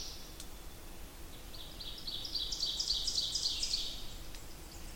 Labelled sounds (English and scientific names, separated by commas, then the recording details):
Ovenbird (Seiurus aurocapilla) song
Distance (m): 35 m
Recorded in boreal forest in Alberta, Canada, on 8 June 2016 at 07:55
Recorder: SongMeter 3, array SBT-3-9
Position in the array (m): 44 m, 99 m
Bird 33